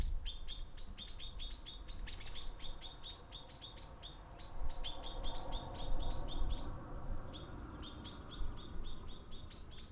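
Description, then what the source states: Bird chirping in fast bursts of bright, high notes, pausing briefly and resuming, with a steady low roar of cars passing. Birds singing while cars pass by.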